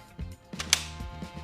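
The pin of a metal support arm on a Tilta Armor Man 3.0 is pushed into the locking-pin hole of its overhead attachment, with soft metallic rattles and knocks leading in. A sharp, bright click at 0.7 s marks the pin seating into place, followed by faint low handling sounds as the arm stays free to swing.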